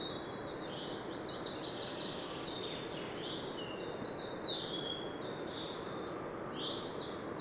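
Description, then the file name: Eurasian wren: dense high-pitched trills and rattling bursts that run almost continuously, overlapping one another, over a steady low background hiss. "Troglodytes troglodytes"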